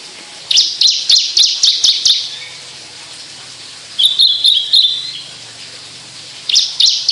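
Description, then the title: Javan bush lark song: a few bursts of rapid, dry, high chirping notes, separated by short pauses. Song given in skyward song flight, locally called sundul langit. "Branjangan Sundul Langit"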